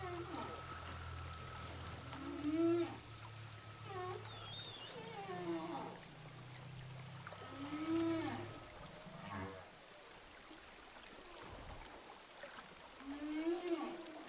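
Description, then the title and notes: Humpback whale song: repeated rising moans with harmonics about every five seconds, interspersed with higher chirps and falling whoops, over a low rumble for much. Hydrophone recording of humpback whales offshore of Saint-Gilles, Réunion. "whales sound hydrophone, saint gilles de la reunion. au large de saint gilles de la Réunion baleine à bosse"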